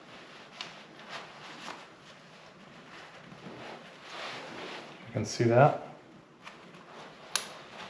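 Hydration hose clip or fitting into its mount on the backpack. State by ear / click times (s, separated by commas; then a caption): seated / 7.4 s. The hydration hose clip is fed through a Klim Arsenal 15 hydration backpack and its fitting is pushed home into its mount, while someone talks over soft handling and rustling noises. A sharp click at 7.4 s marks the clip locking into place.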